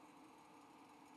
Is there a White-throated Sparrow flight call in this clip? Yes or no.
no